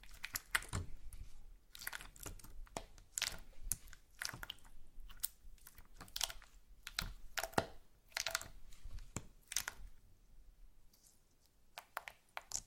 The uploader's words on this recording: ASMR SLIME No Talking Satisfying slime Sounds.